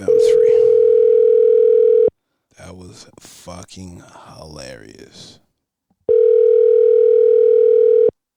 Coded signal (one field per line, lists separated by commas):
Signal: telephone call progress tone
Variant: North America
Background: speech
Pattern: ringback tone